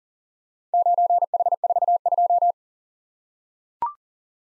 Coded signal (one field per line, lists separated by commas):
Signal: Morse code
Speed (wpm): 40 wpm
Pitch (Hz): 700 Hz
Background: none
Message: 9H42